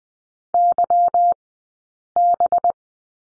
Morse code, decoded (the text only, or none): YB